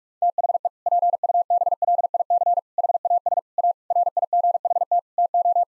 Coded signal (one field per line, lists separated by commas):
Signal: Morse code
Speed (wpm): 46 wpm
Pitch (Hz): 700 Hz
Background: none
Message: THE PUBLIC HAS A RIGHT TO